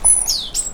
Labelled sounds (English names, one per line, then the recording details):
Stitchbird song
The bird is a male
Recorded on Tiritiri Matangi Island, New Zealand, in 2005
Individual 9, of nest box 11